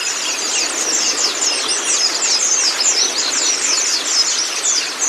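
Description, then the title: White-eye song: a steady stream of high, fast chirping and twittering notes. Training recording (masteran) of white-eye (pleci kacamata si putih) song, meant to get a silent (bisu) pleci singing constantly (gacor). "mster Mnuk. Terapi Pleci Bisu Menjadi Gacor Abis. Masteran Pleci Kacamata Si Putih"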